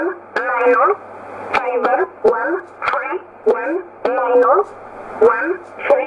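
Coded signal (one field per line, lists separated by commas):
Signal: numbers station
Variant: E11 (Oblique)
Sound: single voice reading short, evenly spaced words over a radio, about eight words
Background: radio static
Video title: 03 03 2015 Numbers station E11 1304 on 15632 USB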